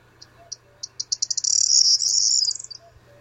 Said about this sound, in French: C'est un bruant proyé. C'est un petit son sympa. Voilà, c'est lui. C'est un oiseau qui fait toujours cette formule-là. C'est vraiment sa signature. Avec très peu de variété, des silences entre, mais il va revenir.